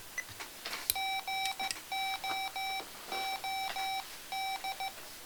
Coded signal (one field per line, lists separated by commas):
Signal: Morse code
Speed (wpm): 15 wpm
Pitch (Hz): 770 Hz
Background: none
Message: GOOD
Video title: Mr. Rags Macro Keyer - Pt. 4 - Recording Soft Macros